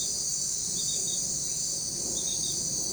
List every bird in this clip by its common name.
none